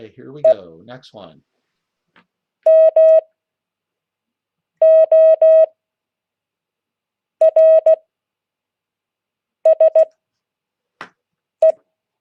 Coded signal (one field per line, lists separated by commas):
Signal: Morse code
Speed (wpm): 16 wpm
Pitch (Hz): 640 Hz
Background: speech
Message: E MORSE